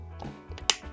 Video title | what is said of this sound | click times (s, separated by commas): Modding the McGee BlueBird (麦基兰鸟MK-3). What is the FPS? | as you can see you can hear it click sound way on spring | 0.7 s